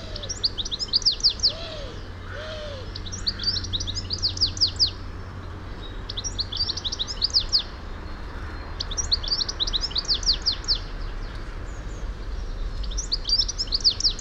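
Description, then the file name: European goldfinch twittering: repeated bursts of rapid, high, tinkling notes, with a few soft lower notes early on and a low background rumble. "Carduelis carduelis"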